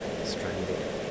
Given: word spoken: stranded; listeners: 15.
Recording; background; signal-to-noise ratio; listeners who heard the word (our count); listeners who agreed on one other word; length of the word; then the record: one English word in noise, from a listening test; speech-shaped noise; -4.8 dB; 2 of 15; 8 of 15; 0.71 s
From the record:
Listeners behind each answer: 8, 2, 1, 1, 1, 1, 1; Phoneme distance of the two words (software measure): 37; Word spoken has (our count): 2 syllables, 8 phonemes, stress on syllable 1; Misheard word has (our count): 2 syllables, 7 phonemes, stress on syllable 1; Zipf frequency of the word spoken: 3.78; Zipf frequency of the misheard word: 3.10